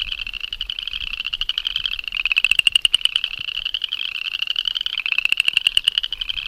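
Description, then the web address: Cajun chorus frogs: dense overlapping pulsed trills, one louder rising rasp near the middle, other frogs calling steadily throughout. "Frog Pseudacris Fouquettei"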